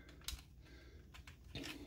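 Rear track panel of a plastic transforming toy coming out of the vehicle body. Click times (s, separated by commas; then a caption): 0.3 s. A plastic rear track panel on a 2008 Transformers Universe Dropshot transforming toy is pulled out of its tight fit in the vehicle body, popping free with a sharp plastic click at 0.3 s. Softer plastic clicks and handling noises follow, and the panel comes out released.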